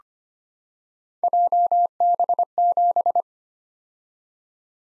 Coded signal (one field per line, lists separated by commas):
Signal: Morse code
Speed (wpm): 25 wpm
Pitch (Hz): 700 Hz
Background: none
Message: JB7